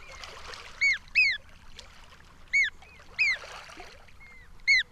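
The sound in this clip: Sooty oystercatcher giving loud, sharp piping whistles that arch up then down, about five notes, two close together, over a soft rushing wash.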